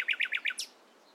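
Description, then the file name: Common nightingale giving five quick chirped notes followed by one sharp descending sweep. "Luscinia megarhynchos"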